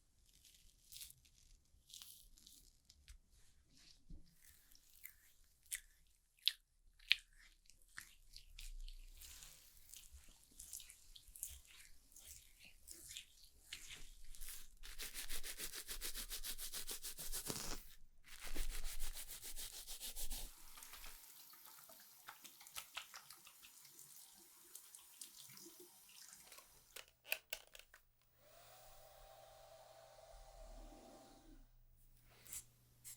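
Hair being washed and worked: rubbing and scrubbing sounds come in quick, uneven bursts, with a stretch of running water from about 15 to 20 seconds. Near the end a low steady hum starts, joined briefly by a higher whine around 28 to 31 seconds.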